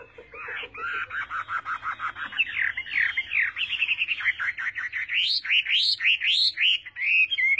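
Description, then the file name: Chinese hwamei singing a varied, rich song: low repeated notes at first, then fast tumbling whistles and slurred upward phrases. "Tieng hoa mi hot"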